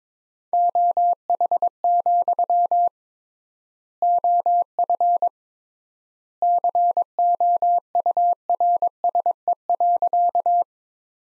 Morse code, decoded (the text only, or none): OH, OF COURSE.